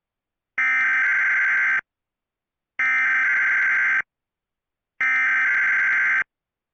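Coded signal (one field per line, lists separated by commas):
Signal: Emergency Alert System (SAME) tones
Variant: header bursts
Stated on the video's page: Fictional EAS scenario made for entertainment, not a real broadcast; tones may or may not be valid.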